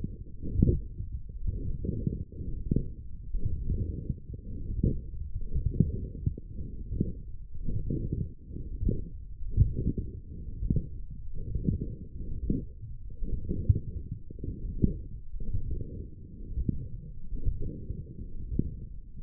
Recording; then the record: forearm muscle sounds (acoustic myography)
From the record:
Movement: forearm pronation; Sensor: system 1, eight BSWA MPA416 microphones around the upper forearm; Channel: 3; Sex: female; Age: 20 years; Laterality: right